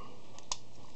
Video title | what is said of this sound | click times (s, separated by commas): FORD EXPLORER REAR BRAKES & ROTOR INSTALLATION (long vid) | there you go that popped in there and there is like a little Groove where each of these sit | 0.5 s